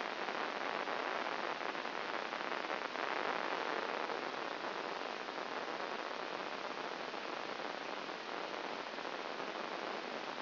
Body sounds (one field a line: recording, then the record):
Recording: brain microelectrode recording played as sound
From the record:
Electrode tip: inside the subthalamic nucleus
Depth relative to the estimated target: -1 mm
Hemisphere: left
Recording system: AlphaMap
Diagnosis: Parkinson's disease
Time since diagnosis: 10 years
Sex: female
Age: 63 years